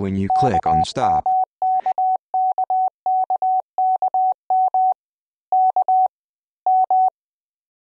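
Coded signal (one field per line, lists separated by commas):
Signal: Morse code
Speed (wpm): 20 wpm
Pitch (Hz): 750 Hz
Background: speech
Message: KMKKKKM K M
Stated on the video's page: Computer-generated Koch-method practice words from a Windows training program, simulating real transmission with QSB fading and QRM interference, adjustable speed and tone.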